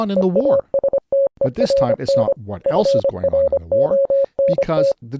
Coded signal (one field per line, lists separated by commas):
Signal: Morse code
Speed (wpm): 25 wpm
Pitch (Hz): 550 Hz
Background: speech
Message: EASTERN FRONT